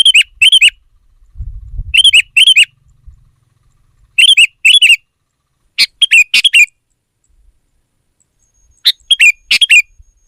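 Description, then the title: Sooty-headed bulbul song: clear, bubbly whistled phrases of two or three notes, repeated in bursts every two seconds or so, with a brief low rumble. "kutilang"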